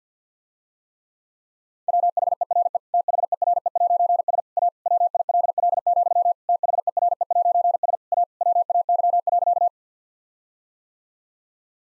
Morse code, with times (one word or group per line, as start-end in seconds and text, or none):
1.9-2.8 WHERE
2.9-4.4 THERE'S
4.6-4.7 A
4.9-6.3 WILL,
6.5-8.0 THERE'S
8.1-8.2 A
8.4-9.7 WAY.